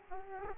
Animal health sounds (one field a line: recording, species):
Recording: mosquito wingbeat signal from an infrared sensor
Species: Aedes aegypti